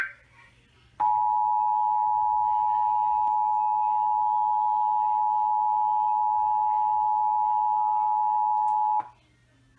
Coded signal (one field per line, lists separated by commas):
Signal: Emergency Alert System (SAME) tones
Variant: 853 and 960 Hz attention tone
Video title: It Ain't Over Yet...EAS Alerts from July 23 & 24, 2020 (EAS #235-248)